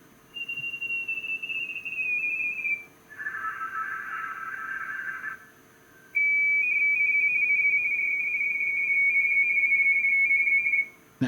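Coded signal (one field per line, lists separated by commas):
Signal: RTTY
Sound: a sliding tuning whistle, a burst of hissy data, then rapid two-tone teletype warble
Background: radio static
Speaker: Can you see those twin peaks? It's awful hard to see on the camera, but you might see it on the computer screen.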